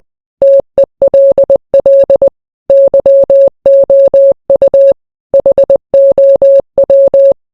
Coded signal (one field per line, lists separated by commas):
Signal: Morse code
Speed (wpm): 20 wpm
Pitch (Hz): 550 Hz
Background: none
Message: TELL YOU HOW